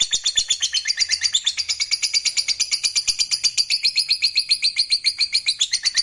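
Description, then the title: Lovebird song, a continuous shrill twittering made of rapid squeaky notes in steady pulses, high and sustained throughout. "Suara Lovebird Ini"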